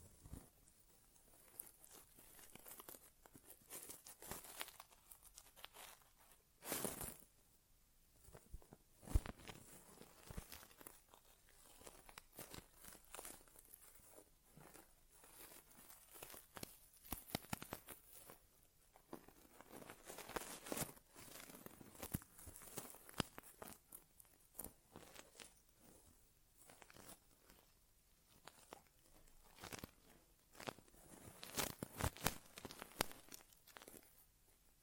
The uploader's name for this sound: ASMR Inner Ear Exam (No Talking)